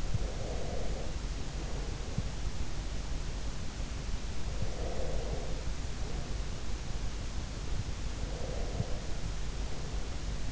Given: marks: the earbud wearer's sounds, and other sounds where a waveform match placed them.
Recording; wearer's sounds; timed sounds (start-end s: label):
sounds in sleep by an in-ear microphone; breath
0.00-2.11 s: breath
4.61-6.21 s: breath
8.06-10.52 s: breath